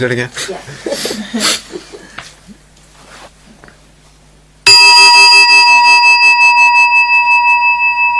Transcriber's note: bell rings again